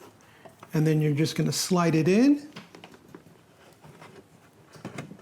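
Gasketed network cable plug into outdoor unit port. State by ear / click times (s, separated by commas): seated / 5.0 s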